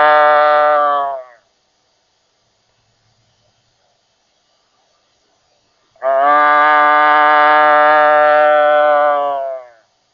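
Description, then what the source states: Deer bleat, drawn-out and tonal with rich harmonics; one call fades at the start, and after several seconds of silence a second long, even call follows. Doe bleating.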